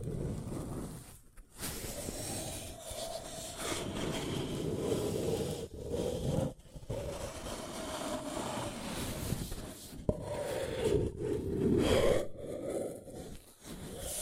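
Paper cup tingles: a continuous crinkling and scraping of paper, dense and uneven, with most of the rustle sitting low and a brighter crackle on top. Brief near-silent gaps break it around 1, 6.5, 10 and 12.5 seconds before the rubbing resumes.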